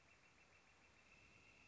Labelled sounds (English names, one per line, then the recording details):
Northern Flicker
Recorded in Sonoma County, California